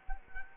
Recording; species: mosquito wingbeat signal from an infrared sensor; Culex quinquefasciatus